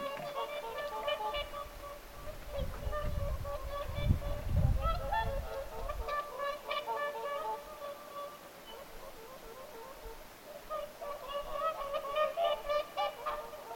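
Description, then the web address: Whooper swans calling in a flock, with overlapping bugling honks repeated rapidly, and a low rumbling noise in the first half. Several whooper swans calling at Lintulahti on 6 November 2025. "paivat 6 11 2025 laulujoutsenten aantelya lintulahdella"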